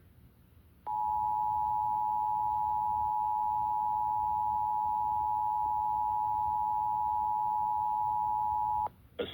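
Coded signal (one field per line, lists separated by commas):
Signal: Emergency Alert System (SAME) tones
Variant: 853 and 960 Hz attention tone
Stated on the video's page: Required Monthly EAS Test in Minnesota, captured from a cable streaming service, recorded with a phone off a laptop, with poor quality.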